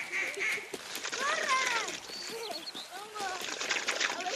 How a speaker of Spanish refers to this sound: ¡Cazaban patos en la laguna!